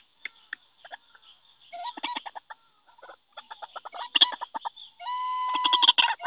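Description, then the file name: White-breasted waterhen calls: scattered short clucking notes build into rapid bursts of harsh, buzzy croaks, with a steady held tone near the end. Call recording used as a lure (pikat). "suara ruak ruak pikat. omkicau"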